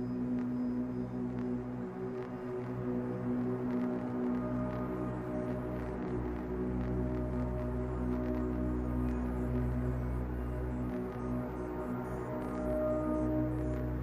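A steady cosmic space ambience of layered low droning tones, dense and unchanging, with faint clicks and soft high shimmer scattered throughout.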